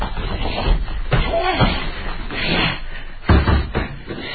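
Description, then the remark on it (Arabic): A door is slammed shut with a heavy wooden bang as Sganarelle pushes the doctor inside his house and locks the door to stop him leaving, mixed with a few dull knocks and thumps and some shuffling. “دفع سكنريل الدكتور داخل منزله وأقفل الباب ليمنعه من الخروج.”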